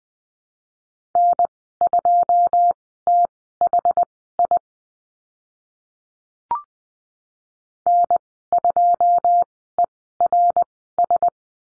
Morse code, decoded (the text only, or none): N2THI N2ERS